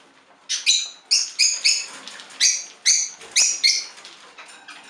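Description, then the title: Budgerigar chirps: several bright, clipped notes with stacked tones, some in quick pairs. "Budgie Sounds"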